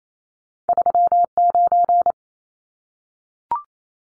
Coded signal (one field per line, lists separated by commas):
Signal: Morse code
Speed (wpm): 28 wpm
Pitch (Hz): 700 Hz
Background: none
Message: 39